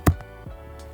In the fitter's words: you can hear that pop and once they're in they lock into place which is nice and they're not hard to get out